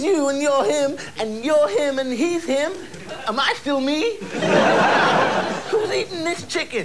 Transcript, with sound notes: he's you and your him, and you're him and he's him, am I still me? (laughing) Who's eating this chicken?